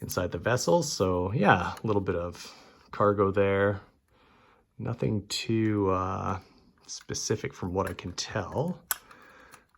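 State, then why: Not seated. Someone talks while trying to fit a removable plastic side panel back onto the hull of a Jazwares Star Wars Micro Galaxy Squadron Havoc Marauder toy starship playset, and small tick-like sounds come near the end, around 9.1, 9.5 and 9.8 seconds, as the panel is fumbled. The panel is backwards, and its tabs only let it go in one way, so it has not seated or clicked in yet.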